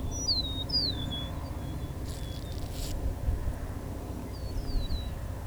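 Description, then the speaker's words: Eastern Meadowlark singing clear, slurred whistles that glide downward, one phrase near the start and another near the end, over steady low rumble. Among the first eastern meadowlarks of the season, singing at Vine Mount Meadow Sanctuary, Ontario; a very melodic song. "So I'm at Vine Mount Meadow Sanctuary. Some of the first eastern meadowlarks of the season singing. So this is an eastern meadowlark."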